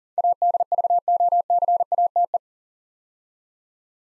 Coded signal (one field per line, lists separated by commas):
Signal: Morse code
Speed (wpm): 39 wpm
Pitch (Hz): 700 Hz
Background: none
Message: ADVOCATE